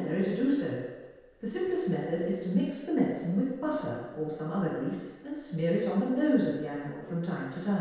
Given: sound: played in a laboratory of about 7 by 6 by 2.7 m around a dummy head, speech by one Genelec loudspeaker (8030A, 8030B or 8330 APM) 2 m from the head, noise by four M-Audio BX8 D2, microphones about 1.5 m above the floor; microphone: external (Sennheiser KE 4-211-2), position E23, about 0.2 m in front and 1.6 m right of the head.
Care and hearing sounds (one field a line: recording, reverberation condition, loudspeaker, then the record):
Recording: female speech in English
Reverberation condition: high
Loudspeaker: behind (180 degrees)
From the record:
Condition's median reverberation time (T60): about 1300 ms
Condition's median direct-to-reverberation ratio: about -4.0 dB